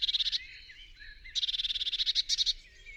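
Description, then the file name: Eurasian blue tit giving a dry, buzzy churring rattle in two bursts, the second longer, with a faint thin note between them. "Cyanistes caeruleus"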